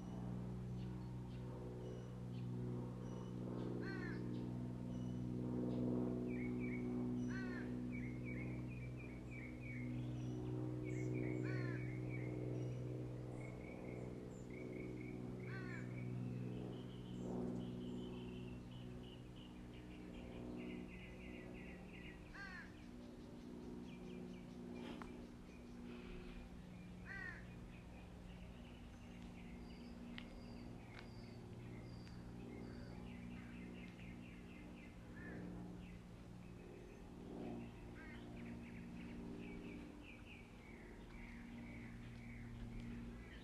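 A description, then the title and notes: Birds sing in short, scattered chirps and whistles, with repeated bright calls clustering around 5–15 seconds and recurring later near 25–40 seconds. Underneath runs a steady low hum or rumble, constant throughout, with occasional brief clicks and knocks. Birds singing.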